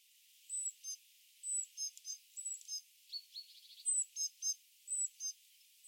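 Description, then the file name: Great tit calls: high thin whistles and short sharp chirps in loose groups, with a brief buzzy trill in the middle. "Parus major"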